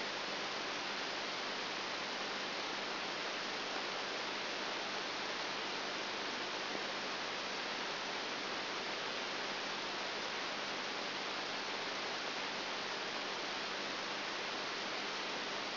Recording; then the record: brain microelectrode recording played as sound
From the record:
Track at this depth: outside the subthalamic nucleus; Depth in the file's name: 0.306 mm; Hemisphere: left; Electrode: 3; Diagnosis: Parkinson's disease